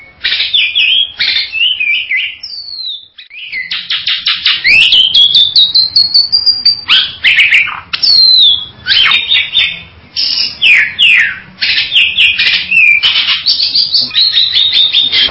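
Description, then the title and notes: Bali myna song with harsh chattering bursts, a long rising whistled glide, sharp descending slurs and repeated raspy notes over about fifteen seconds. "Jalak Bali. Kicau Burung Jalak"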